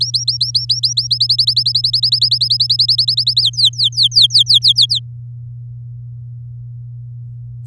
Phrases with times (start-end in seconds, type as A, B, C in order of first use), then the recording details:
0.00-1.07 A, 1.10-3.42 B, 3.42-4.99 C. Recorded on 8 May 2018 at 13:02. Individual llb16